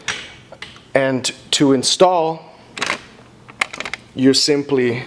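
Someone talks while pressing the release button on the data cable connector of a Smart LED, Inc FX2 LED display module and pulling the plug off the module. A short click is heard at 0.6 s as the connector unlatches and comes free, followed by a few more brief sharp sounds around 2.8 to 3.9 s.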